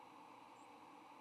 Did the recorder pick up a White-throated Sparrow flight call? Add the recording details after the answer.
no. Another species' flight call is heard. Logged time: 08:56 on 8 November 2014